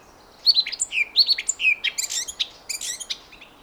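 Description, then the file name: Eurasian blackcap song: a few clear whistled notes sliding downward, followed by a quick chattering twitter of high, scratchy notes. "Sylvia atricapilla"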